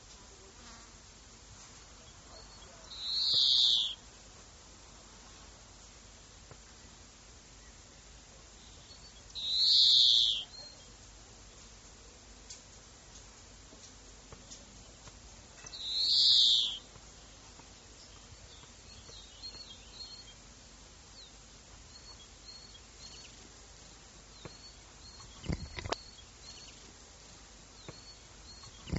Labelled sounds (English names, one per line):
European Greenfinch call